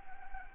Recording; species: mosquito wingbeat signal from an infrared sensor; Anopheles gambiae